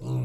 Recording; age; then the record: pig call; weaner (32 to 43 days)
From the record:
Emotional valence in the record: negative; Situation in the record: novel object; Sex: female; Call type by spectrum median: low-frequency call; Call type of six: low-frequency stable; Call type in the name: low-frequency stable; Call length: 0.25 s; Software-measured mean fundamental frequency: 62 Hz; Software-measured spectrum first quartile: 126 Hz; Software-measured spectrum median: 161 Hz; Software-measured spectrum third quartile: 337 Hz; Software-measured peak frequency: 131 Hz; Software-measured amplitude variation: 57 dB a second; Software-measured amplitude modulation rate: 12.0 a second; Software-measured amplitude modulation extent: 4.8 dB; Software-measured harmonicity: -6.3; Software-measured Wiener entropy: -0.50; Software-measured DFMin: 1524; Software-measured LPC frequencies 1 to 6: 934, 2607, 3892, 4476, 6168, 7054 Hz